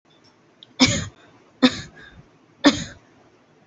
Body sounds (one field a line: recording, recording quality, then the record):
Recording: shallow voluntary cough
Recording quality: excellent, no background noise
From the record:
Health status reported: exposed to COVID-19, no respiratory illness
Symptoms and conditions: none ticked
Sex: female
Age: 24 years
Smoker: not ticked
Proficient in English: yes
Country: India